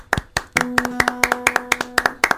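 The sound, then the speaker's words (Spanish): Two people clap their hands in a quick, slightly uneven rhythm, sharp crisp claps sometimes landing nearly together, with a low steady tone humming faintly underneath. No one speaks. “Tenemos que traer aplaudidores la próxima, porque la, de a dos queda medio tibio.”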